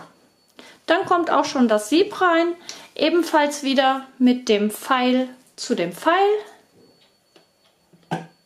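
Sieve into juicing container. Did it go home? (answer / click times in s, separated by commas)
no / none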